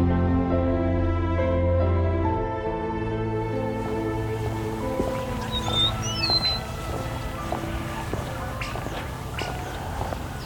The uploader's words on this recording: Evensong. At sunset in some locations, an auditory compliment to the dawn chorus occurs.